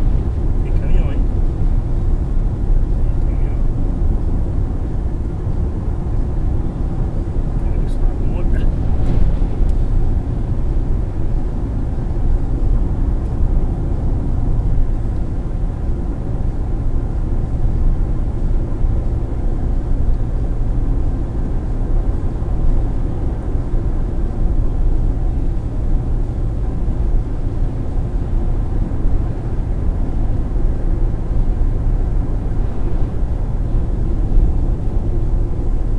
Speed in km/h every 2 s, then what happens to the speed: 97, 98, 99, 101, 102, 101, 100, 100, 101, 102, 103, 105, 106, 107, 107, 106, 103, 94.
0-29 steady at about 101. 29-36 slows to 94.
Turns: none.